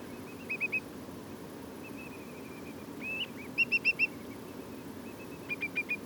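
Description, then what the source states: Whimbrel piping, short runs of three or four whistled notes separated by quieter calling, against a steady low rumble. Several whimbrels, lots of piping; Portland.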